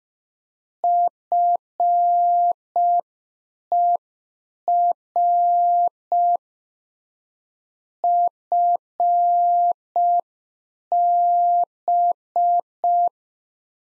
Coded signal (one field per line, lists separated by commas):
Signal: Morse code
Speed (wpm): 5 wpm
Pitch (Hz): 700 Hz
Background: none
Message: FER FB